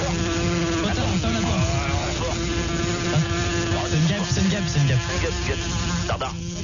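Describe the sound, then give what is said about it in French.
A fly buzzes steadily with a droning, slightly wavering hum, its pitch rising and falling as it moves, while faint voices murmur underneath. “une mouche. Elle revient.”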